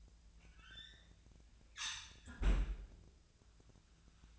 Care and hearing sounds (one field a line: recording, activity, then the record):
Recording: daily activity, microphone in the room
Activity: close fridge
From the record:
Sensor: 2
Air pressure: 1009.5 hPa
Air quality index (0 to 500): 185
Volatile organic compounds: 11 ppm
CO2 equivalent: 2310 ppm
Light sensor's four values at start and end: 23/57/24/27 and 24/59/25/28